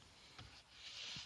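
The plastic front bezel of an HP 14-inch laptop, whose dead screen was replaced with an N140BGA-EB3 panel, is pressed by hand so its clips snap back onto the screen lid. A short sharp click is heard at 0.4 s, followed by a soft hiss. The bezel is confirmed seated.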